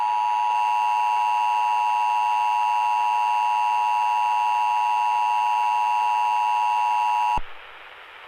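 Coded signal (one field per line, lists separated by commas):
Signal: Emergency Alert System (SAME) tones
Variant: 853 and 960 Hz attention tone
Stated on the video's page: Valid EAS SAME tones used in a fictional analog horror Emergency Alert System scenario.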